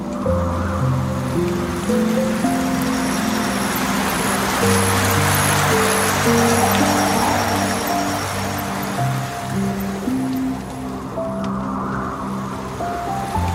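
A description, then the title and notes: Slow, soft piano notes move through a low and middle range, with chords held and changed every second or so. A steady wash of rain hisses evenly underneath the whole time, swelling slightly in places, without breaks or sudden sounds. Relaxing piano music and the gentle embrace of rain sounds. The soft, continuous flow of water in the background enhances the calming effect.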